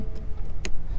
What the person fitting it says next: Burası da kilitlendi